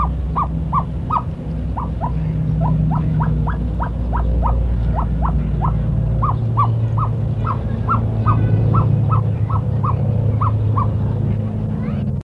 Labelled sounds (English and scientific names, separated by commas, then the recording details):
Himalayan Snowcock (Tetraogallus himalayensis) call
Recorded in captivity
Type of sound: call
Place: Tierpark Berlin, Berlin, DE
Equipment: Halbspur, 9,5 cm/s
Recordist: Lütgens, Hans
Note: Rufe